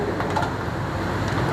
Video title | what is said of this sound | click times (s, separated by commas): Chinese EV Giant Jinpeng in Pakistan | ये lock हो गया। | 0.2 s